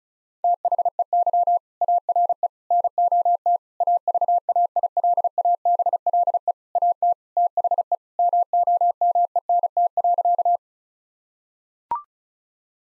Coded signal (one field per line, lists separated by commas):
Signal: Morse code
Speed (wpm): 36 wpm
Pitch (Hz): 700 Hz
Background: none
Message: THEY ARE NOT AVAILABLE AT THE MOMENT.